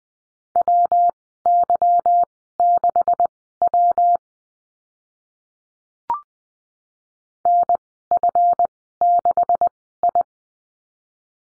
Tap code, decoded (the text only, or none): none